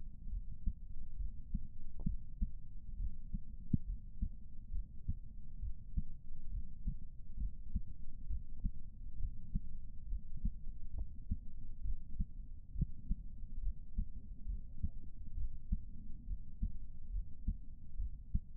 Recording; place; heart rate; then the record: heart sounds by stethoscope; pulmonary valve (PV); 67 bpm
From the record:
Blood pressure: 118/72 mmHg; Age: 56 years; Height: 145 cm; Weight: 55 kg